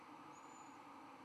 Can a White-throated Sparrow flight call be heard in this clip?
no